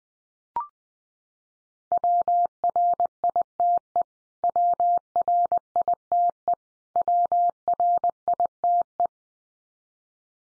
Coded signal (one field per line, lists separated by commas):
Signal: Morse code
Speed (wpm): 20 wpm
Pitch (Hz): 700 Hz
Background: none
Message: WRITE WRITE WRITE